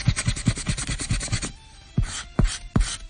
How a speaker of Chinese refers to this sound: 係啊，呢嚿嘅撤回擦纸胶可以将五画拆成一画㗎，係咪好好用呢？